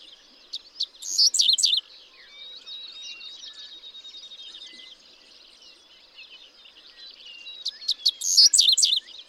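Dickcissel singing twice, each song a short series of sharp notes, several seconds apart, with faint twittering in between.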